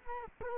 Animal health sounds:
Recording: mosquito wingbeat signal from an infrared sensor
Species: Culex quinquefasciatus

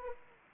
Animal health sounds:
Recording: mosquito wingbeat signal from an infrared sensor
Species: Anopheles arabiensis

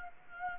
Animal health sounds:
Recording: mosquito wingbeat signal from an infrared sensor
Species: Anopheles gambiae

